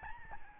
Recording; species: mosquito wingbeat signal from an infrared sensor; Aedes albopictus